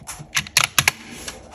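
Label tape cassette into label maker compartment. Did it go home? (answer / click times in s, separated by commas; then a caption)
yes / 0.6 s, 0.8 s. A plastic label tape cassette is pressed by hand, a second time, into the tape compartment of a handheld Brother PT-D220 label maker, with soft plastic handling ticks around 0.4 s. Sharp clicks at 0.6 s and 0.8 s show the cassette seating easily without needing to be forced, followed by quieter rattles and a faint tick near 1.3 s.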